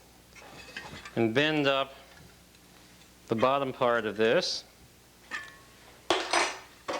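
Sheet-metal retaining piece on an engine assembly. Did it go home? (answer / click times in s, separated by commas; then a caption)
no / none. A sheet-metal retaining piece for an engine assembly is handled with pliers while its bottom tab is bent up, and someone talks. Brief metallic handling sounds come at about 0.8 s, and louder ones at 6.1, 6.9 and 7.1 s near the end. Nothing has seated or snapped into place yet.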